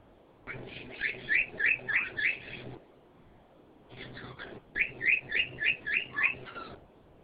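Bird giving two bursts of rapid, evenly spaced chirps, about six bright notes each, separated by a short quiet gap.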